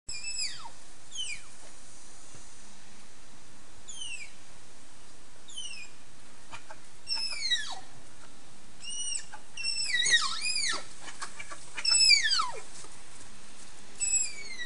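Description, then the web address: Malayan tapir shrill whistles, each a sharp descending squeal, repeated irregularly and bunching together in the later part, over low background hiss. "sound Malayan-tapir. صدای-تاپیر-مالایی"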